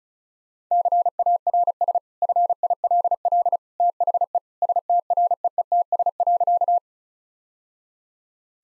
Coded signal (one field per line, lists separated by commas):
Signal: Morse code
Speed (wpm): 36 wpm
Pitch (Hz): 700 Hz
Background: none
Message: CARS FILL THE STREETS.